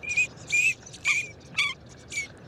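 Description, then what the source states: Green-winged Teal calls, five short high trilling whistles spaced about half a second apart, cricket-like and chirpy, over a soft low background rumble. Flocks of small ducks in shallow North American wetlands, tidal flats, sedge meadows, rice fields and backwaters in spring; voices sound like crickets or tiny frogs.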